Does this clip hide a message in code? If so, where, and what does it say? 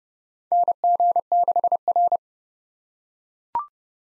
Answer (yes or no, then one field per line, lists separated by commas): yes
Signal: Morse code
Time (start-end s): 0.5-2.2 s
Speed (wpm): 30 wpm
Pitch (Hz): 700 Hz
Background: none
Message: NG6R